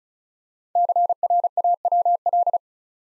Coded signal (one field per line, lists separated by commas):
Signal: Morse code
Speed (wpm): 36 wpm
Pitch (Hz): 700 Hz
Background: none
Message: CRAWL